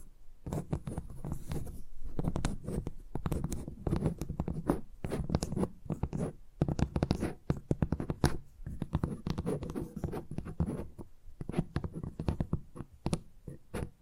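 Tingly tapping sounds run nearly nonstop, a dense stream of quick, irregular clicks and taps with a low, soft thud under them. Short pauses break the flow near two, three and six seconds, and faint scratchy, writing-like rustles blend in.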